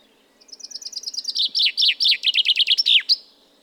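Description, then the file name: Common chaffinch song, a string of sweet high notes growing louder and dropping into falling phrases, closing with an emphatic flourish; soft low background hum. "Fringilla coelebs"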